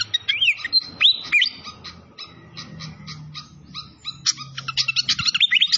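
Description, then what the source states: Malaysian pied fantail song: clear looping whistles first, then a quieter patch of soft notes before fast high chirping returns. Masteran (training recording) of clear-voiced song, mixed with the sound of flowing, babbling water.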